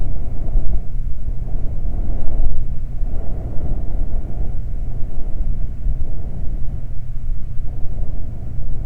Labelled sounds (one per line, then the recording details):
wind
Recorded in the Prudhoe Bay oil fields, Alaska, on 12 July 2019 at 00:02
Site 29